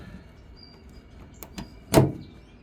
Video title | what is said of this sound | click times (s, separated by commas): 2007 Saab 9-3 2.0t *Ice Block Tail Light install* | Just like that. Push the pin in just a little bit till it clicks. | 1.9 s